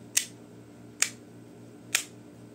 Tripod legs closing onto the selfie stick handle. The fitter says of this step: O pakinggan mo yung lagitik.